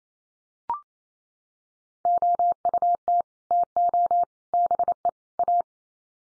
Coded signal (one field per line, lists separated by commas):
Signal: Morse code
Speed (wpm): 28 wpm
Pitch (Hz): 700 Hz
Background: none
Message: OUT TO BE A